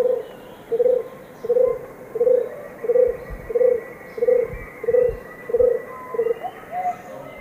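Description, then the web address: Orange-fronted barbet song of about ten soft, low hooting notes at a regular pace, with faint high whistles and a steady insect-like drone behind. Two birds singing; South American eastern lowlands. "Natures Songs S America Eastern Lowlands. Capito aurovirens, songs 2 birds"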